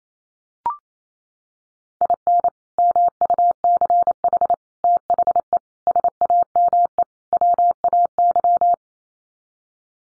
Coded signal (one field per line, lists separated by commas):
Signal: Morse code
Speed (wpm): 28 wpm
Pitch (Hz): 700 Hz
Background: none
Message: IN MUCH THE SAME WAY